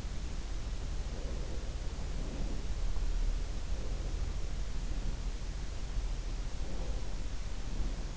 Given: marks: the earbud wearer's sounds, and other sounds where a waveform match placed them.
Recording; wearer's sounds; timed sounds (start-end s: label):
sounds in sleep by an in-ear microphone; breath
0.98-2.66 s: breath
3.67-5.25 s: breath
6.71-8.16 s: breath